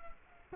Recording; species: mosquito wingbeat signal from an infrared sensor; Culex quinquefasciatus